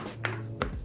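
A plastic caster wheel stem is pushed by hand into its socket in the star base of a Chaho gaming chair, going in with no screws. Two sharp clicks at 0.3 and 0.6 seconds stand out over a low background hum. The caster pops into place and is seated in the base.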